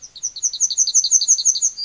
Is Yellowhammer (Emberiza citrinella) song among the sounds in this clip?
yes